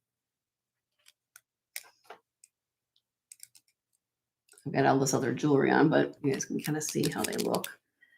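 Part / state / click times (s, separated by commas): leverback lever closing onto the earring wire / not seated / none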